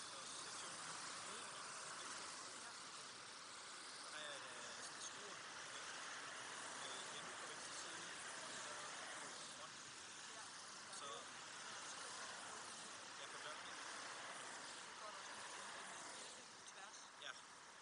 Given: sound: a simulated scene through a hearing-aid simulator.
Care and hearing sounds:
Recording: conversation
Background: traffic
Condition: -6 dB SNR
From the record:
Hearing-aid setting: anchor resembling a broken hearing aid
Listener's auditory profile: D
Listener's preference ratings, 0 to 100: 1, 0, 1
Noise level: 75 dB SPL

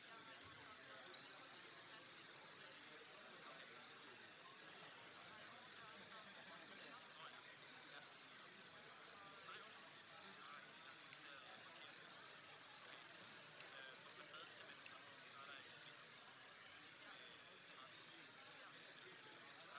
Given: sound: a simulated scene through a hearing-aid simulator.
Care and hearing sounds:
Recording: conversation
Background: cafeteria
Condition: -6 dB SNR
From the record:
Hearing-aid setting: anchor resembling a broken hearing aid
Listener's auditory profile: D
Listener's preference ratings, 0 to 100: 1, 0, 1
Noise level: 65 dB SPL

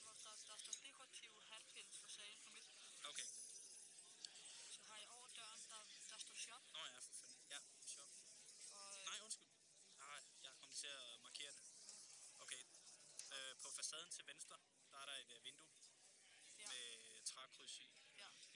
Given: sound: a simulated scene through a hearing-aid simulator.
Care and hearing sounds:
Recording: conversation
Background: cafeteria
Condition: +4 dB SNR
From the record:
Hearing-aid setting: III (slow-acting compression, loudness normalization, advanced features for about 2.5 dB of SNR improvement)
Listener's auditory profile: B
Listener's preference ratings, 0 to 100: 44, 33, 46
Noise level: 65 dB SPL

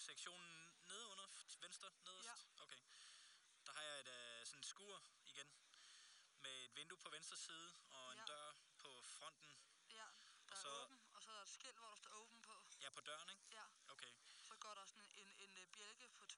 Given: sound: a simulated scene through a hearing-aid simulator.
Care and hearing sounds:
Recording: conversation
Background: quiet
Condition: 65 dB SPL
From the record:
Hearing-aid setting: I (fast-acting compression, audibility-based gain)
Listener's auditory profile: C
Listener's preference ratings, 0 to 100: 98, 81, 89

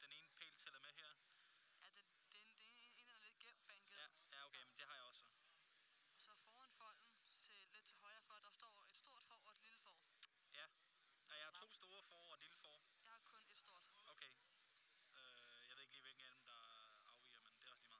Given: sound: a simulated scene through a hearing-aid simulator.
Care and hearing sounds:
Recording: conversation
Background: quiet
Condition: 55 dB SPL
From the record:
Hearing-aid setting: I (fast-acting compression, audibility-based gain)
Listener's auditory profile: A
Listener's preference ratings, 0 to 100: 63, 57, 41

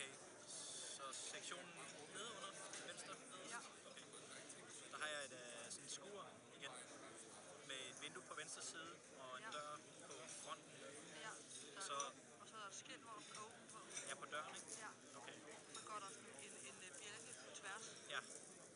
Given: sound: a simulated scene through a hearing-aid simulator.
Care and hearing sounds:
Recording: conversation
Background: cafeteria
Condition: 0 dB SNR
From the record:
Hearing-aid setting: IV (slow-acting compression, loudness normalization)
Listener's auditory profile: C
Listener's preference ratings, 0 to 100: 6, 28, 34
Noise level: 65 dB SPL

